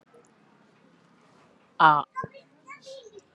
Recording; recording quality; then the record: sustained vowel as in made; moderate, slight background noise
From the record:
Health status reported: exposed to COVID-19, no respiratory illness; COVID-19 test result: negative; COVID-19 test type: RT-PCR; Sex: female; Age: 23 years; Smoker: no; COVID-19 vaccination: both doses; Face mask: worn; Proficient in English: yes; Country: India